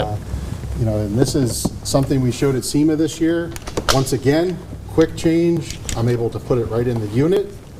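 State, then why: Not seated. A quick-change backing plate is being handled and brought to a rotary/orbital polisher head, to be pushed straight in using the quick-change system, while someone talks throughout. Nothing has seated or clicked yet; the clip ends just before the plate goes home.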